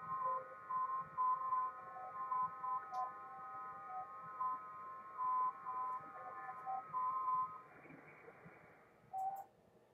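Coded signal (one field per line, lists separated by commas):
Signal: FT8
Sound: several overlapping warbling tones stepping slowly in pitch, then fading into hiss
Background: radio static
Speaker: let's turn the volume on now so you can hear that tone and I'll turn up the radio so you get a feel for what it sounds like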